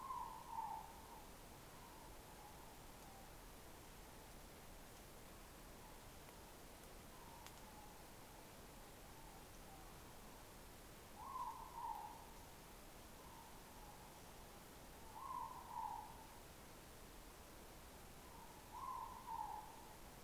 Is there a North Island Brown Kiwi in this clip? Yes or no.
no